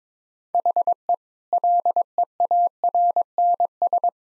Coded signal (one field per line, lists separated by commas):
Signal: Morse code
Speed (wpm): 22 wpm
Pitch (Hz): 700 Hz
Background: none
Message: HE LEARNS